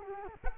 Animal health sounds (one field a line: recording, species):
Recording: mosquito wingbeat signal from an infrared sensor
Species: Culex quinquefasciatus